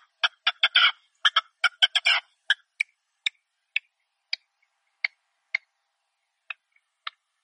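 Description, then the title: Partridge giving a burst of harsh grating notes, then slowing to sparse single notes. Partridge call used as a hunting lure. "Canto de Perdiz. Reclamo de Perdiz"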